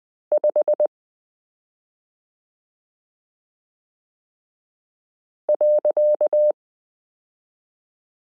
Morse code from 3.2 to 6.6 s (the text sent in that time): .